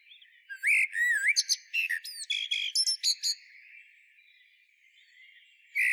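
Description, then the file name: Eurasian blackbird song phrase: a few slurred whistles leading into a run of high, rapid twittering notes, a quiet stretch, then one more whistled note. "Turdus merula"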